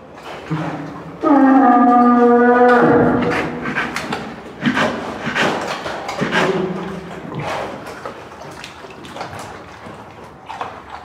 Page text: Zoo de Madrid: oso pardo separado del resto del grupo. Banco sonidos CNICE